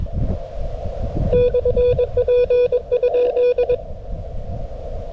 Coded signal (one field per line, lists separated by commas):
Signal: Morse code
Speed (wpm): 21 wpm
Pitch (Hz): 490 Hz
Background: none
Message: /P?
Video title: Remembrance Day Contest 2022 - CW Single-operator (not QRP)